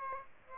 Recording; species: mosquito wingbeat signal from an infrared sensor; Aedes aegypti